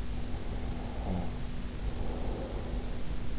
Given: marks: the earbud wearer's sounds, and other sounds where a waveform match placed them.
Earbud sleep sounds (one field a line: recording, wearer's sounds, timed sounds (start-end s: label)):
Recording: sounds in sleep by an in-ear microphone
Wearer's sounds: snoring breath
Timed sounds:
0.14-3.15 s: snoring breath